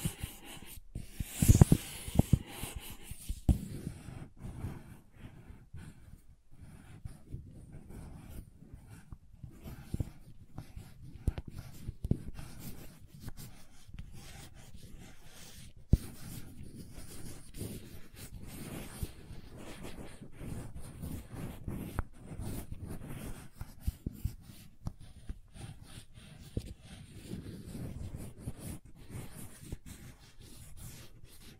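Crayons scrape and rub across paper in a dense, continuous run of short strokes, mostly low and dry with occasional brighter scratches. A sharp, louder tap or scrape stands out near two seconds, and a few clicks break through around sixteen seconds.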